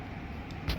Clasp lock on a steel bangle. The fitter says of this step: അപ്പ ഇതാ ഇങ്ങനെയാണ് ഇതിന്റെ ലോക്ക് വരുന്നത് കേട്ടോ